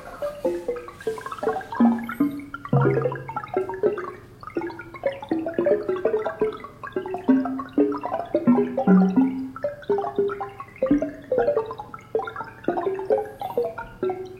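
A catalogue of earthquakes from 1993 to 2013 turned into sound, each quake a tone pitched by magnitude, lower for larger quakes and higher for smaller: a dense, continuous patter of short pitched tones at many different pitches, like droplets, with occasional deeper, longer notes, steady throughout and no voices.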